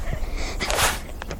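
A single short, breathy burst of air peaks near the middle and is followed by two faint nasal puffs. It is a capybara's sneeze: small and snort-like rather than loud. A low background rumble runs throughout.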